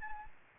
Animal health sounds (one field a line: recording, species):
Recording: mosquito wingbeat signal from an infrared sensor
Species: Anopheles gambiae